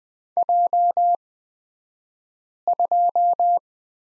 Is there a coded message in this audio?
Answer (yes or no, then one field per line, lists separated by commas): yes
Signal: Morse code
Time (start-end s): 0.4-3.6 s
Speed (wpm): 20 wpm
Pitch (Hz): 700 Hz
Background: none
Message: J2